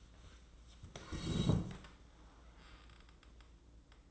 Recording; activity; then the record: daily activity, microphone in the room; sit down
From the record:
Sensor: 3